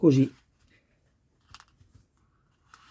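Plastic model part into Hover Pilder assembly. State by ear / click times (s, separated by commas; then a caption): seated / 1.5 s. Someone talks briefly, then a plastic part of the Hover Pilder model kit is pressed and swung into position and snaps into place with a sharp click at 1.5 s, followed by a few quieter ticks. The part is latched and seated correctly.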